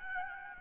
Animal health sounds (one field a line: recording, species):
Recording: mosquito wingbeat signal from an infrared sensor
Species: Aedes albopictus